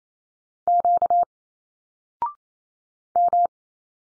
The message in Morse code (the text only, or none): Q M